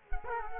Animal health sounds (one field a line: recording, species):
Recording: mosquito wingbeat signal from an infrared sensor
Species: Culex quinquefasciatus